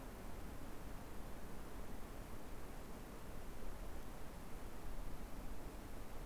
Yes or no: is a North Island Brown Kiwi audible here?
no